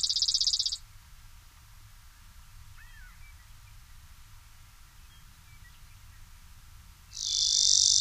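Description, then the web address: Brewer's sparrow with a short, high buzzy trill at the start and another starting near the end; a quiet gap between holds faint, scattered chirps. Common species of western North America. "Songs of Birds of North America Know Your Bird Sounds Common Western Species. Brewers Sparrow"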